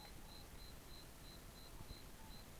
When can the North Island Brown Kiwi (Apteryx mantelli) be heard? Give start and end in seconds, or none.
none